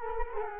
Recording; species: mosquito wingbeat signal from an infrared sensor; Culex quinquefasciatus